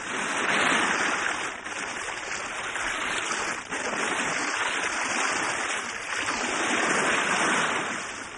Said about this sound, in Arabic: امسك في حتة الخشب دي يا خميس. الموج عالي وشديد يا شرغوش، مش قادر اتنفس، مش قادر اصد عليها كويس.